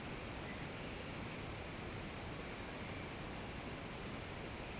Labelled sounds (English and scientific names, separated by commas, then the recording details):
none
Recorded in secondary vegetation near Puerto Asís, Putumayo, Colombia, on 18 February 2024 at 08:00
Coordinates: 0.472, -76.331
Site G6371